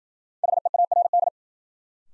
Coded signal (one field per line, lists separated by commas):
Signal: Morse code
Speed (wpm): 52 wpm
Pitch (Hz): 700 Hz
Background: none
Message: HEARD